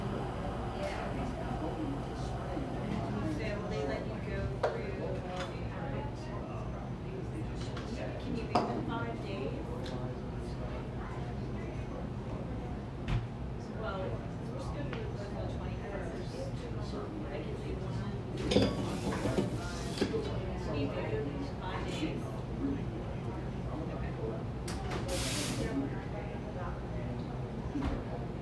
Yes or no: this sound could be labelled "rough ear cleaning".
no